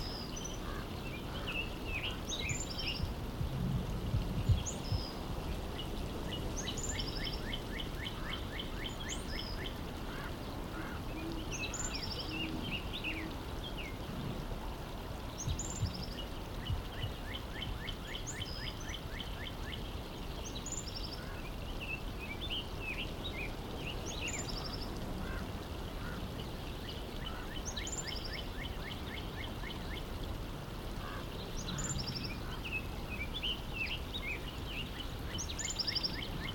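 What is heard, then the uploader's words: An ambient mix of daytime sounds: bright bird chirps and short rattling trills recur in a regular cycle, roughly every five to six seconds, over a steady low rumble. Duck-like quacks may be mixed in, and the loudness stays even throughout. An ambient mix of daytime sounds from 19th century California.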